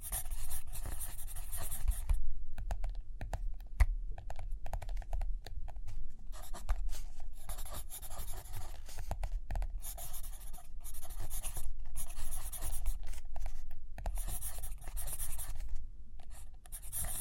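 Continuous scratchy writing or drawing strokes with dense, hissy bursts and brief pauses, over a low rumble, with a few soft taps.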